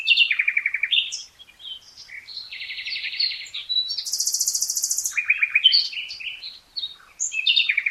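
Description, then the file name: Common nightingale in continuous song, mixing rapid churring trills, a long high buzzy rattle and varied whistled notes with only brief pauses. "Luscinia megarhynchos"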